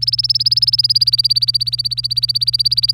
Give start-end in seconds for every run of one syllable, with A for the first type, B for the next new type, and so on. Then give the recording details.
0.02-2.94 A. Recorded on 25 April 2018 at 09:21. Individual llb3